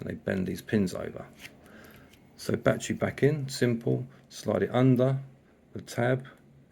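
Someone talks while a coin cell battery is handled at the plastic battery holder of a Volvo car key fob and slid under the retaining tab. Faint brief handling ticks are heard around 1.7 s and 2.1 s. Nothing has seated or clicked in yet.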